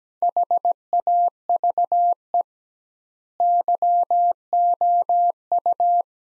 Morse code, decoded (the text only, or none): HAVE YOU